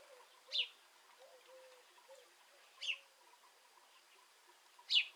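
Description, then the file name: House sparrow: three separate chirps about two seconds apart, with faint low wavering tones in the background. "Passer domesticus"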